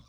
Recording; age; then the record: pig call; piglet (1 to 25 days)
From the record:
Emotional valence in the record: positive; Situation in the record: reunion after long isolation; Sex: female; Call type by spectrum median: low-frequency call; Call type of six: low-frequency tonal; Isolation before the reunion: 8 minutes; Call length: 0.09 s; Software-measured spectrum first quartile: 112 Hz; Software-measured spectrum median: 522 Hz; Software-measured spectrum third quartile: 3310 Hz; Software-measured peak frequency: 136 Hz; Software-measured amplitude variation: 71 dB a second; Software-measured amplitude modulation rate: 21.4 a second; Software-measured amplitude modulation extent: 3.3 dB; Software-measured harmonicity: 9.4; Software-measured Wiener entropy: -2.92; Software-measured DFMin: 1137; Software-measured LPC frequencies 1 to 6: 1156, 2334, 3452, 4753, 5392, 5852 Hz